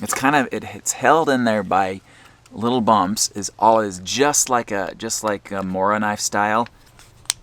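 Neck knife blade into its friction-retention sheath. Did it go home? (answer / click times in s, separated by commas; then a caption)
yes / 7.3 s. Someone talks while pushing a small full-tang OdenWolf Mini neck knife into its molded, Mora-style sheath, which holds the blade with little retention bumps. The blade snaps into place with a sharp click at 7.3 s, and the knife is seated in the sheath.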